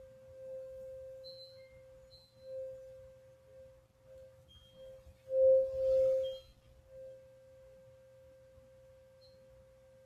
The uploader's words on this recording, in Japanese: 日蝕明けのメキシコからシンギングボウルのサウンドヒーリング。チベタンシンギングボウル #メキシコ。